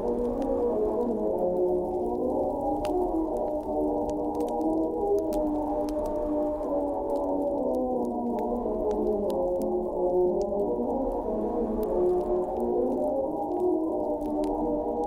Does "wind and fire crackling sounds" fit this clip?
yes